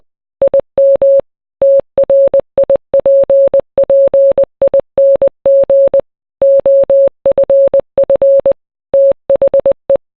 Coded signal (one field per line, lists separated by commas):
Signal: Morse code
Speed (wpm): 20 wpm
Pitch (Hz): 550 Hz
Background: none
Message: IM TRIPPING OFF THE